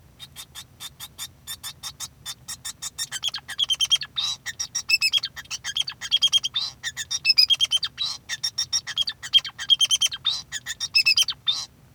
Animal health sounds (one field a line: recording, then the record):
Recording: song of a male Bengalese finch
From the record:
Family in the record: son of father 2